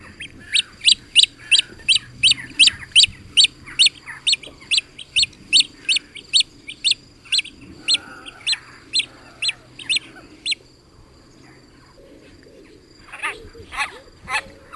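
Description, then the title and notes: Great crested grebe calling: high, sharp notes repeated rapidly for about ten seconds, then a pause and a few more notes near the end. In spring, on a reservoir. "Perkoz dwuczuby. first appeared on Telewizja Teletop Sudety"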